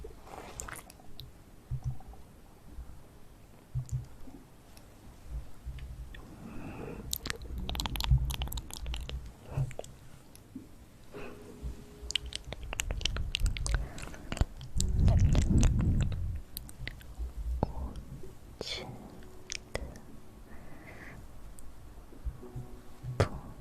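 Mouth sounds resembling chewing and biting: irregular wet clicks and crunches, with a dense low, rubbing burst around fifteen seconds.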